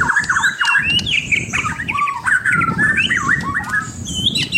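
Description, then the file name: White-rumped shama song: quick, tumbling whistled notes that leap up and down, with harsh squeaks and a low background rumble. Indonesian name murai batu, labelled mahkota. "suara murai batu mahkota"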